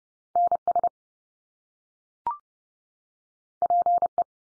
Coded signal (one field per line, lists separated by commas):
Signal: Morse code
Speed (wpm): 30 wpm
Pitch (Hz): 700 Hz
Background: none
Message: NS PE